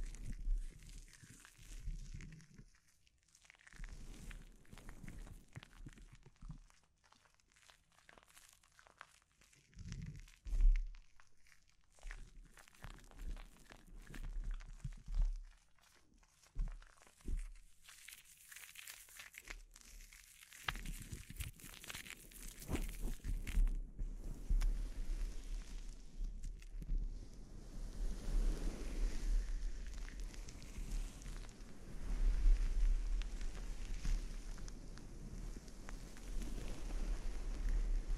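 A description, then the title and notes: A scalp treatment: bursts of crinkly, crunching scratches come in quick irregular clusters over the first twenty seconds, with pauses between them. After about twenty seconds the sound turns denser and steadier, a continuous rubbing rustle with occasional louder peaks. ASMR Sleep Inducing Scalp Treatment (No Talking).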